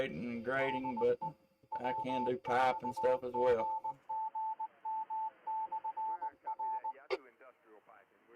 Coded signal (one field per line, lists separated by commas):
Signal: Morse code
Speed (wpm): 19 wpm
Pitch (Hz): 880 Hz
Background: speech, radio noise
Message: SE W4GGM/R